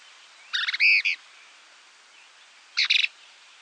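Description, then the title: Plain-crested elaenia giving two buzzy, stuttering call phrases, the first longer with a drawn middle note, the second short and clipped, over faint background hiss. Nominate subspecies Elaenia cristata cristata. "LuckyPassaro Completos2Sama. Plain-crested Elaenia (Elaenia cristata cristata)"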